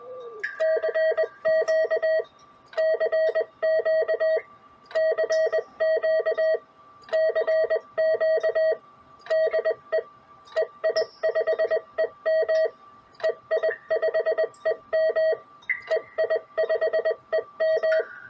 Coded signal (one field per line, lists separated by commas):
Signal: Morse code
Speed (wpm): 20 wpm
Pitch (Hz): 640 Hz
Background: none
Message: CQ CQ CQ CQ DE EI5EM EI5EM EI5EM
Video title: A Complete Homebrew QRP, CW HF Station